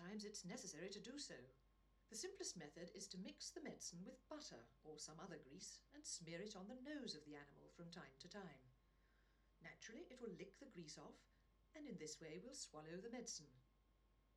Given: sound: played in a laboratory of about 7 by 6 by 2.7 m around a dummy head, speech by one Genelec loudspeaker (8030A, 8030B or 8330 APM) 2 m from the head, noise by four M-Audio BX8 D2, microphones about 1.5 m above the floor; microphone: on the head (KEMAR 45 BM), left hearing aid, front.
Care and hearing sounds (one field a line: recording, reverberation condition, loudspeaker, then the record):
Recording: female speech in English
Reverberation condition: low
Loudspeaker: 30 degrees to the left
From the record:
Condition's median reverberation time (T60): about 310 ms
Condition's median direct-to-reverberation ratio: about 3.5 dB